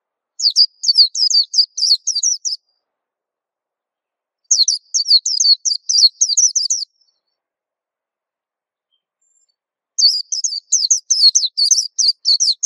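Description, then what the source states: White-eye: three bursts of rapid, high-pitched twittering song, each about two to three seconds long, separated by silent gaps of a few seconds. Song described as melodious and long.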